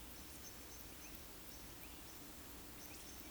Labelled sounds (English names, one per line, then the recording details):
Eurasian Woodcock whistle
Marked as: whistle, whistle
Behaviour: display flight
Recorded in Baden-Württemberg, Germany, on 13 June 2021 at 19:42 UTC
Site 23718, 552 m above sea level